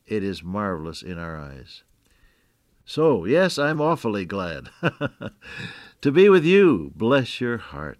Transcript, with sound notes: it is marvelous in our eyes.” So yes, I’m awfully glad [chuckle] to be with you. Bless your heart.